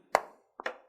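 A snap fastener on the folded-back waist pad of an Air Pak X3 Pro harness is lined up and pressed closed, giving a sharp click at 0.15 s that securely seats it in place. A softer pair of taps follows at about 0.6 and 0.7 s.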